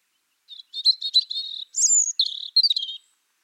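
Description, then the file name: European robin song: one high warbling phrase of quick trills, broken by a sharp, thin, piercing whistle before tumbling notes resume. "Erithacus rubecula"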